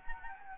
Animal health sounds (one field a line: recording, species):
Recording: mosquito wingbeat signal from an infrared sensor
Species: Anopheles gambiae